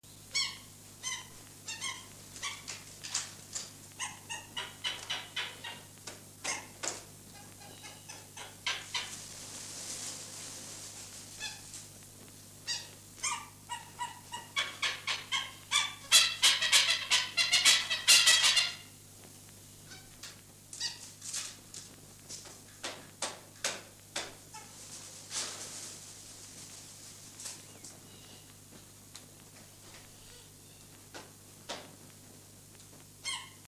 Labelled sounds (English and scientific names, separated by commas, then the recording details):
Cuban Amazon (Amazona leucocephala) call, Black Hornbill (Anthracoceros malayanus)
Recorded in captivity
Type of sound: call
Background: Anthracoceros malayanus
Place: Zoo Berlin, Berlin, DE
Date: 2006-09-21 17:55
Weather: sonnig, 20-24°C
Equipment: Grundig CR 110, Sennheiser ME 80, Kopie Uher 4000 Report Monitor
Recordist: Tembrock, Günter
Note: 0:57 - 1:29 min)